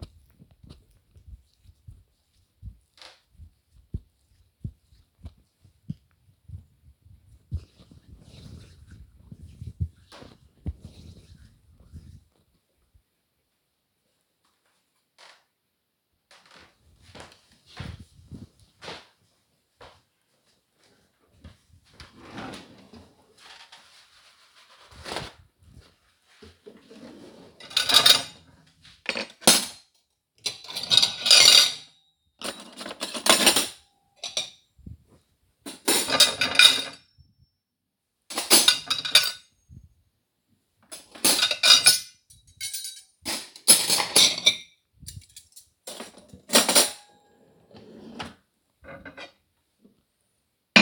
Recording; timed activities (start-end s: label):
household activities, microphone on the right wrist
0.00-11.76 s: cream hands
29.81-50.82 s: putting away the dishes